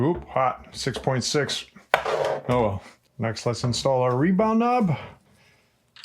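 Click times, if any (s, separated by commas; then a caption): 6.0 s. Someone talks for most of the clip. At 6.0 s a short, sharp click is heard as the plastic rebound adjuster knob is pressed onto the lower rebound shaft of a 2022 FOX Float 34 Performance Elite FIT4 Step-Cast suspension fork, and the knob seats.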